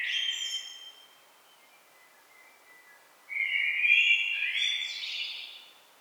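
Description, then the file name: Common blackbird song: the fading end of one phrase, a short pause, then a loud mellow warble that rises into a squeaky twittering finish. "Turdus merula"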